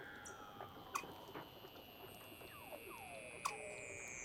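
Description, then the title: Weddell seal underwater calls: faint short downward chirps and clicks beneath a thin high tone slowly falling in pitch. "Douglas Quin - Weddell Seals (Underwater)"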